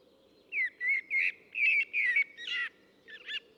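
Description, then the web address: Common blackbird singing a run of rich, fluting warbles that slide up and down, closing after a short pause with a brief, high, scratchy twitter. "assistens Solsort"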